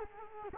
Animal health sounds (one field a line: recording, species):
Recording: mosquito wingbeat signal from an infrared sensor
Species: Culex quinquefasciatus